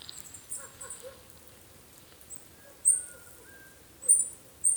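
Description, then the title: Black-crested warbler giving a few sharp, very high call notes, one and then a close pair, with a soft mid-pitched whistle in the background. "Myiothlypis Nigrocristata"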